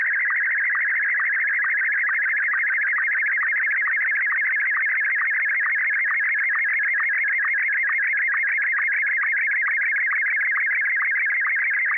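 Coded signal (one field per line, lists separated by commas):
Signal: SSTV (slow-scan television)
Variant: Martin 1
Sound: continuous warbling, chirping tone with a rapid regular ticking rhythm about twice a second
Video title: N6NA SSTV Net - 10/28/2020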